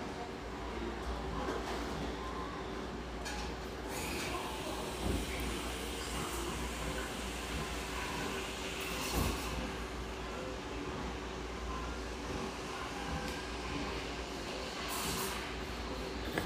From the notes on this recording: the sounds and mellow radio of this beautiful exposed-brick coffeehouse in the Northeast Portland neighborhood of Hazelwood